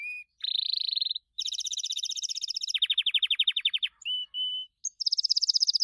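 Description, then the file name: Gloster canary song: a fast buzzy trill, then a bright high rattle of rapid notes, followed by short whistled notes and another quick high trill. "canto do canario gloster"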